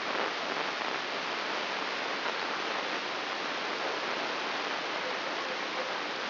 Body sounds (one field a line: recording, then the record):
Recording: brain microelectrode recording played as sound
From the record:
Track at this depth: outside the subthalamic nucleus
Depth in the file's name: 7.26 mm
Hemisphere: left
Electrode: 3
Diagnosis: Parkinson's disease